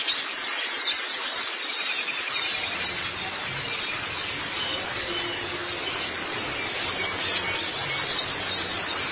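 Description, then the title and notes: White-eye song: high, tinkling twitter in fast slurred notes over background hiss and a low hum. "Kicauan Burung Pleci Durasi Panjang. Suara kicauan burung pleci"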